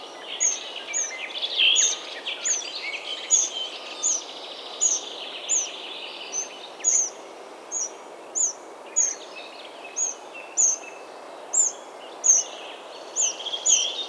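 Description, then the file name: Eurasian wren calling persistently: a long run of brief, sharp, high notes, with lower birdsong in the background and steady hiss. "Troglodytes troglodytes"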